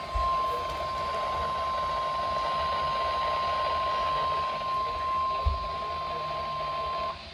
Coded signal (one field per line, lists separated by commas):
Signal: Emergency Alert System (SAME) tones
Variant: 1050 Hz attention tone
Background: speech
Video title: EAS Alerts are SLOWLY Coming back... | EAS Alerts From May 30-31st (263-268)